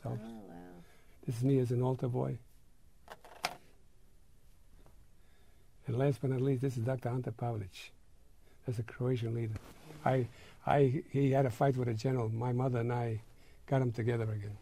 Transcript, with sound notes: Oh, wow.
This is me as an alter boy. (long pause) And last but not least, this is that Ante Pavelić. This is a Croatian leader. I, I, he had a fight with a general, my mother and I got 'em together again.